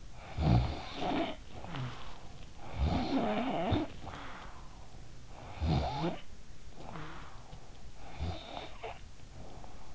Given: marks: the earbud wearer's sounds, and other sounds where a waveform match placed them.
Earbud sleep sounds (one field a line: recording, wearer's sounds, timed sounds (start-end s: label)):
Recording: sounds in sleep by an in-ear microphone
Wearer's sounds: snoring breath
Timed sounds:
0.00-5.13 s: snoring breath
5.28-9.46 s: snoring breath